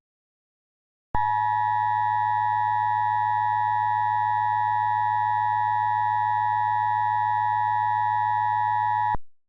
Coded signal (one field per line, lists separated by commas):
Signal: Emergency Alert System (SAME) tones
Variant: 853 and 960 Hz attention tone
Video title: EAS Scenario - The Care Bear Revelation (REMASTERED)